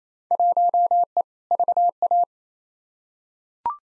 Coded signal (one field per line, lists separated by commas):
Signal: Morse code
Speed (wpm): 28 wpm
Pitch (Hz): 700 Hz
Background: none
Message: 1E VA